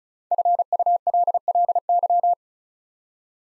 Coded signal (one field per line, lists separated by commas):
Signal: Morse code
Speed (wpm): 36 wpm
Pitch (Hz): 700 Hz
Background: none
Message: FULLY